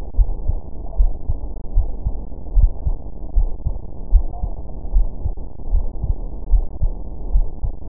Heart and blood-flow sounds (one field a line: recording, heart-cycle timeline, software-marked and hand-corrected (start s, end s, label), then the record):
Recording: heart sounds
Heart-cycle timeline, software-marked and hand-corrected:
0.00	0.17	diastole
0.17	0.29	S1
0.29	0.47	systole
0.47	0.57	S2
0.57	0.97	diastole
0.97	1.11	S1
1.11	1.29	systole
1.29	1.37	S2
1.37	1.75	diastole
1.75	1.87	S1
1.87	2.05	systole
2.05	2.15	S2
2.15	2.55	diastole
2.55	2.71	S1
2.71	2.87	systole
2.87	2.97	S2
2.97	3.37	diastole
3.37	3.49	S1
3.49	3.67	systole
3.67	3.75	S2
3.75	4.13	diastole
4.13	4.25	S1
4.25	4.43	systole
4.43	4.53	S2
4.53	4.93	diastole
4.93	5.07	S1
5.07	5.23	systole
5.23	5.33	S2
5.33	5.71	diastole
5.71	5.85	S1
5.85	6.03	systole
6.03	6.11	S2
6.11	6.51	diastole
6.51	6.65	S1
6.65	6.83	systole
6.83	6.93	S2
6.93	7.33	diastole
7.33	7.47	S1
7.47	7.63	systole
7.63	7.73	S2
7.73	7.89	diastole
From the record:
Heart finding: coronary artery disease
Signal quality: good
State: rest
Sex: female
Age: 50 years